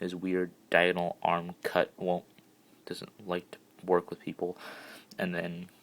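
Someone talks while handling a plastic part of a transforming robot action figure, possibly the drill arm or a combining piece, that is about to be pushed onto its joint. The part has not gone home yet, and nothing has seated or clicked.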